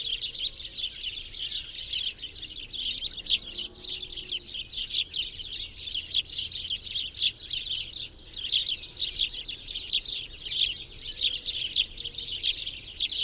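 Bird chorus of busy, high-pitched chirps and twitters, many notes overlapping in a steady stream with small surges of loudness.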